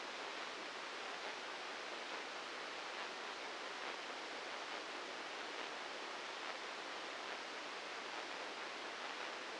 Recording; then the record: brain microelectrode recording played as sound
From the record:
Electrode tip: inside the subthalamic nucleus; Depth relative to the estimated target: -4 mm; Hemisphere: right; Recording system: NeuroSet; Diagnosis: Parkinson's disease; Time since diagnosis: 8 years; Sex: male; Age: 59 years